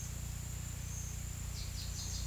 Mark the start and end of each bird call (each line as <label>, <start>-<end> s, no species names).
bird call, 1.52-2.27 s